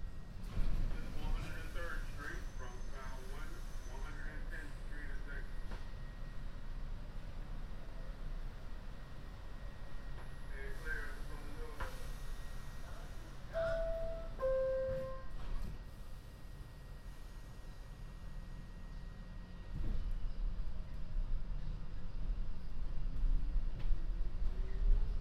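A binaural recording of a trip across the city, likely aboard a train: a steady low rumble runs throughout. Voices murmur early and again around ten seconds, a short two-tone chime sounds near fourteen seconds, and a rising motor whine enters near the end.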